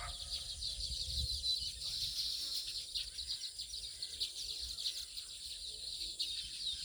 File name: Baya Weaver sounds